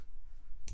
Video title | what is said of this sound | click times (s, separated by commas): Keep your keys in check. KeyBar, The Review. | and it will lock your tool in place. | 0.7 s